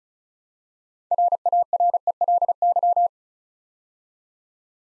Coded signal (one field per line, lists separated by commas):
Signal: Morse code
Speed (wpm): 36 wpm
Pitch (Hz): 700 Hz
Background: none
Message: RARELY